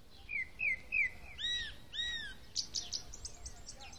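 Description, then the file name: Common blackbird song: three or four slurred, falling fluty whistles, then two arched notes, ending in quick high chattering twitters. "Turdus merula"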